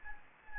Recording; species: mosquito wingbeat signal from an infrared sensor; Anopheles gambiae